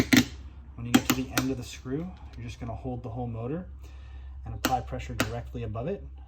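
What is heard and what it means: Someone talks while handling the mirror adjuster motor of a 1988–1991 Honda Prelude, holding the whole motor and pressing straight down at the end of the adjuster screw so its tangs will pop onto the screw. A brief sharp sound occurs near 0.2 s, and a few softer taps follow under the talking. Nothing has seated or clicked yet.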